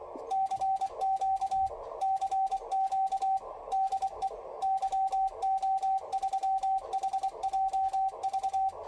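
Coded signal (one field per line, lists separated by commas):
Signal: Morse code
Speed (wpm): 26 wpm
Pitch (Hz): 770 Hz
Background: radio noise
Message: CQ CQ DE YO3HJV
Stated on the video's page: CW sent from a memory keyer keypad connected by CI-V to an ICOM IC-7300.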